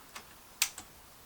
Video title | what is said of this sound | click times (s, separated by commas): M1 GARAND, le fusil de la libération à l'essai. | le petit clic, on lâche et c'est bon. Voilà, c'est prêt à tirer. | 0.6 s